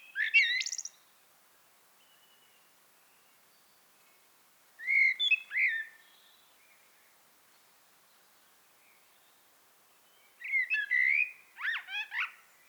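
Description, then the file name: Common blackbird singing three short warbled phrases with squeaky high notes, separated by quiet gaps of several seconds. "Turdus merula"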